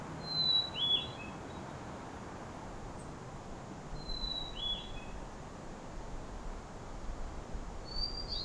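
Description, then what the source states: Hermit thrush singing fluty phrases roughly every four seconds, each opening on a pure sustained whistle then tumbling into quick ringing notes, with constant rushing background noise. Recorded at the lighthouse in Ucluelet.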